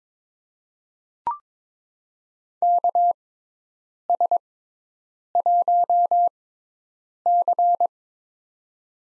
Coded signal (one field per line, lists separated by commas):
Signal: Morse code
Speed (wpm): 22 wpm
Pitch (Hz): 700 Hz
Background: none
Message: KS1C